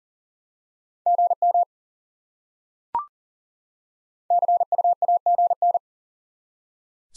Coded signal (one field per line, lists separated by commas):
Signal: Morse code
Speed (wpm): 40 wpm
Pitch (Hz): 700 Hz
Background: none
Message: GM CUAGN